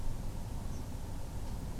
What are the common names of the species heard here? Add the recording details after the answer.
Spotted Flycatcher. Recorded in France